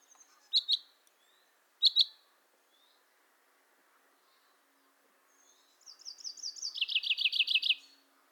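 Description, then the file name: Common chaffinch giving two sharp high call notes early, then after a pause a rapid series of repeated notes ending in a bright trill; quiet background otherwise. "Fringilla coelebs"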